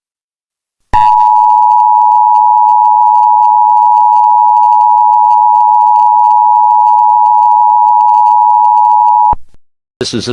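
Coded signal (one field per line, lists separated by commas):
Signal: Emergency Alert System (SAME) tones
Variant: 853 and 960 Hz attention tone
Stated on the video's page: Fictional EAS scenario story.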